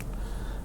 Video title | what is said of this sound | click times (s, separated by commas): MTX MP 17 +5 extension for Smith & Wesson M&P Full-size | you'll hear a pop, and also make sure it's retained there. | 0.0 s